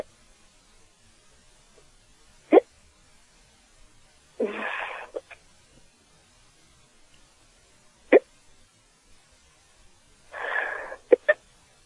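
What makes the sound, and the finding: Adult. Hiccups.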